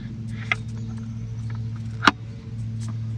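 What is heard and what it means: A drive axle (CV shaft) is pushed into the side gear of a Nissan Sentra CVT transmission until its retaining clip seats. Two sharp metal-on-metal clicks sound at about 0.5 s and 2.1 s over a steady low hum. The axle is then installed and seated, and cannot be pushed in any farther.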